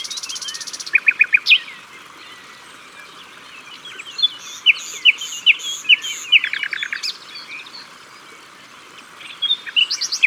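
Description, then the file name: Common nightingale song with a buzzy opening trill, short quick note runs, scattered sharp whistles, and another fast series near the end. Recorded at the water's edge. "Rossignol philomele Au bord de leau"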